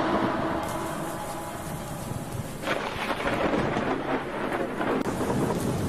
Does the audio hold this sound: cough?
no